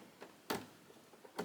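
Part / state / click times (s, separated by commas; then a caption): embroidery hoop onto embroidery machine carriage / seated / 0.5 s. A plastic multi-position embroidery hoop is pushed again onto the carriage arm of a PE800 embroidery machine. A sharp click at 0.5 s shows the hoop is locked on and less likely to pop off. Softer ticks come before and after it, and there is no talk.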